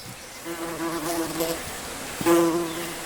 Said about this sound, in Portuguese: As moscas.